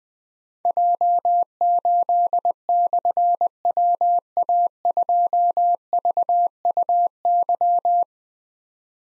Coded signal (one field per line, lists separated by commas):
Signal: Morse code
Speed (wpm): 20 wpm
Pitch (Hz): 700 Hz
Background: none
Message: J8/WA2VUY